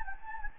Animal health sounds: mosquito wingbeat signal from an infrared sensor; Anopheles gambiae

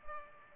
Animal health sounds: mosquito wingbeat signal from an infrared sensor; Culex pipiens

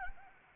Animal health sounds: mosquito wingbeat signal from an infrared sensor; Anopheles arabiensis

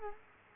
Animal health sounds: mosquito wingbeat signal from an infrared sensor; Culex quinquefasciatus

